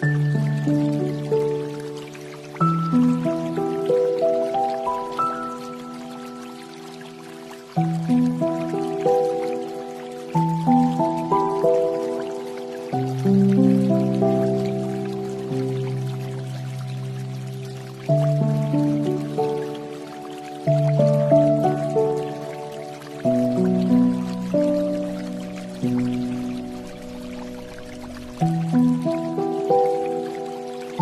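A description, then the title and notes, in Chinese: Slow piano music plays over a faint, steady wash of flowing water. Sustained chords change roughly every two to three seconds, each struck and then left to ring and fade, in a low-to-middle register. The soft water hiss continues underneath throughout. 流水声 钢琴曲。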